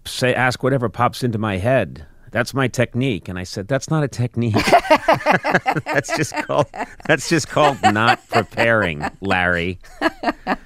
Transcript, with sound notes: I just ask whatever pops into my head. That's my technique.
And I said, that's not a technique.
(LAUGHTER)
That's just called - that's just called not preparing, Larry.